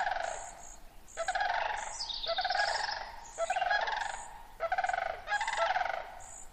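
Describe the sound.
Sandhill crane flock bugling, purring rattled calls from several birds overlapping in surges roughly every second, with thin higher notes woven between them.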